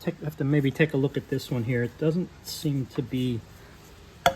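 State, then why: Seated. Someone talks while a second packing retainer, which was sitting high in the pump manifold of a General Pump TSF2021 pressure washer pump, is pressed further in. A single sharp click at 4.3 s marks the retainer snapping fully home, and it is now fully seated.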